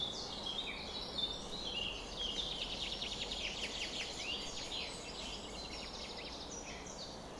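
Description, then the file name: Birds in full dawn chorus: a thick layer of high chirps, trills and sweeping whistles from many singers, steady throughout with soft hiss beneath. Summer morning bird chorus at 4:40 am. "summer morning bird chorus-4 40 am in cobs"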